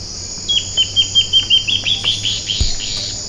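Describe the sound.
Bird uttering a fast string of crisp, high notes, with a single dull knock near the close and a constant high insect buzz.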